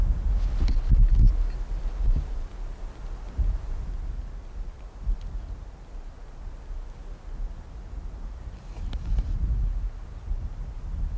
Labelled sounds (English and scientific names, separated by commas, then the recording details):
Arctic Fox (Vulpes lagopus)
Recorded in the wild
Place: Insel Mednyi, Kommandeur-Inseln, RU
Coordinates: 54.5167, 168.083
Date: 1999-07-12 17:55
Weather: bedeckt, 10°C, schwacher Westwind
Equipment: Sony WM-D6C, Sennheiser MKH 40, Windkorb, Kopie Sony TCD-D8
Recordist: Frommolt, Karl-Heinz